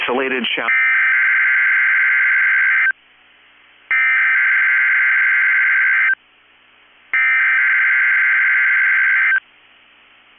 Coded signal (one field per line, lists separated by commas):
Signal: Emergency Alert System (SAME) tones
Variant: header bursts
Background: speech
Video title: 7/27/22 - KEC65 Required Weekly Test (EAS #616)